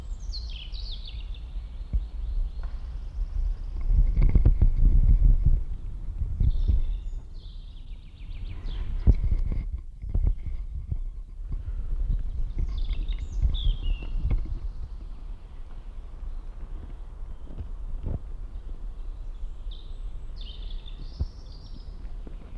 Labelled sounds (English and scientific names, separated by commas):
European Robin (Erithacus rubecula)